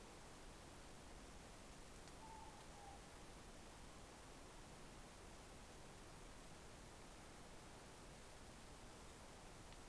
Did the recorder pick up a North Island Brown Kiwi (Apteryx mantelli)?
no